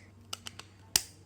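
A Raspberry Pi 3 circuit board is pressed down into its plastic case until the retaining clips snap over the board edge. Sharp clicks are heard at 0.3 s and 1.0 s, with softer ticks in between. The last click is the loudest, and the board is seated in the case.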